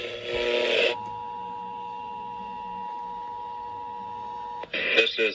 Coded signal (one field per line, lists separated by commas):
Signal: Emergency Alert System (SAME) tones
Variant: 853 and 960 Hz attention tone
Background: speech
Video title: Tests And Alerts - EAS 1145 - 1239-